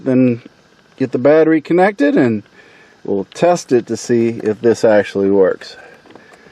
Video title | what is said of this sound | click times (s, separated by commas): Steering wheel module BT4Z 9C888 BB Switch Interrupter 2011 Ford Edge Left side menu and cruise | so it's all plugged in and snapped into place so let's get it finished up | 6.2 s